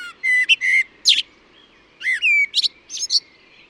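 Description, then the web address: Bird chirping in two lively bursts of bright whistled and chirped notes, some sliding downward, with a short pause between them. "cianscape birddata Deverinetal 2025 Bird Only Tu Me Tu Me"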